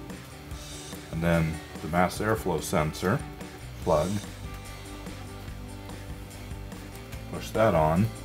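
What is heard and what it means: The mass air flow sensor electrical plug is being handled for pushing into the sensor on the intake tube of a new Roush cold air intake on a 2005-2009 Mustang V6. Someone talks throughout, with music in the background. The clip ends before the plug goes home, and nothing has seated or clicked yet.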